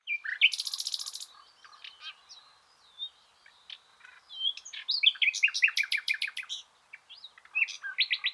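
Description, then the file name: Common nightingale song: a high buzzy rattle, then scattered chirps and whistles, and a fast run of sharp repeated notes with rich varied phrases. "Luscinia megarhynchos"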